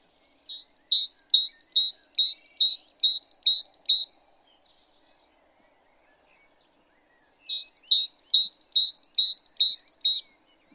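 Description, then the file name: Great tit repeating bright, high chirps in two steady series, each note following the last by about 0.4 second, with a silent gap between. "Parus major"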